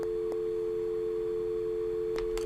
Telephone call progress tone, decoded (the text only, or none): dial tone